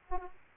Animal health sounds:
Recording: mosquito wingbeat signal from an infrared sensor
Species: Aedes aegypti

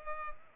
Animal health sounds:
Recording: mosquito wingbeat signal from an infrared sensor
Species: Culex pipiens

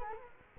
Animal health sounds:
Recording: mosquito wingbeat signal from an infrared sensor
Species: Culex quinquefasciatus

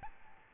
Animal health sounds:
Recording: mosquito wingbeat signal from an infrared sensor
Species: Aedes albopictus

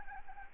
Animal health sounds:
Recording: mosquito wingbeat signal from an infrared sensor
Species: Anopheles arabiensis

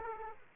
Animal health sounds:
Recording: mosquito wingbeat signal from an infrared sensor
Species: Aedes aegypti

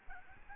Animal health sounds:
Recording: mosquito wingbeat signal from an infrared sensor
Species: Aedes albopictus

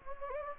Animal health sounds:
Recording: mosquito wingbeat signal from an infrared sensor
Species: Anopheles gambiae

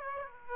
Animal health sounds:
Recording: mosquito wingbeat signal from an infrared sensor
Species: Aedes aegypti

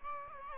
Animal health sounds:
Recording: mosquito wingbeat signal from an infrared sensor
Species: Aedes albopictus

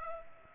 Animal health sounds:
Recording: mosquito wingbeat signal from an infrared sensor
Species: Culex pipiens

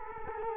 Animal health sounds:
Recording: mosquito wingbeat signal from an infrared sensor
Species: Culex quinquefasciatus

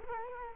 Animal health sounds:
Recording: mosquito wingbeat signal from an infrared sensor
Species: Culex quinquefasciatus

